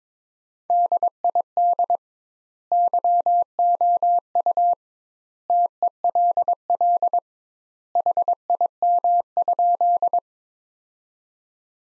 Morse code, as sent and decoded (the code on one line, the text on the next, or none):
-.. .. -.. / -.-- --- ..- / - . .-.. .-.. / .... .. -- ..--..
DID YOU TELL HIM?